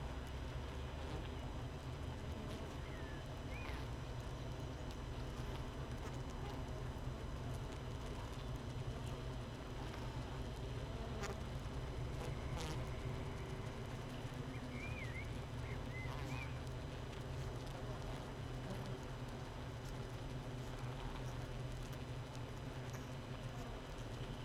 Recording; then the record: honeybee colony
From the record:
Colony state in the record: missing queen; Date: 31 May 2018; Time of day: 7:32